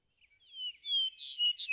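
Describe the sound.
Vesper sparrow song: a few soft introductory notes, then long clear whistles slurring downward, ending in two bright, buzzy high notes.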